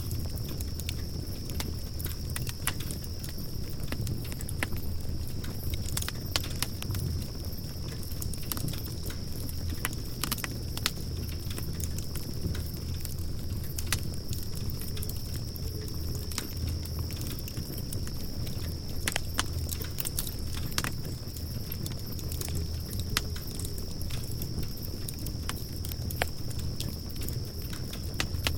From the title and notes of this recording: Crackling Campfire Soundscape.